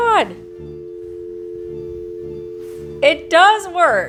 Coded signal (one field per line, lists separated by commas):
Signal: telephone call progress tone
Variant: North America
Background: speech, music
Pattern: dial tone